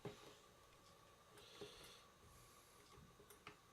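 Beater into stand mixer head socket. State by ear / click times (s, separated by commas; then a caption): not seated / none. A second beater is worked into the socket of a stand mixer head, with a struggle to get it in. Short knocks and rattles of handling are heard, including a sharp tap near 3.5 seconds over a low background hum. Nothing has seated or clicked yet.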